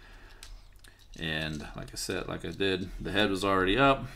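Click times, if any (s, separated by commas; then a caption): 0.4 s, 0.9 s. The plastic upper body of a Nova Prime Transformers Collectors' Club action figure is pushed down into its lower body/vehicle frame during transformation, clicking into place at the front and back with small clicks at 0.4 s and 0.9 s. The upper body is then seated, and someone talks.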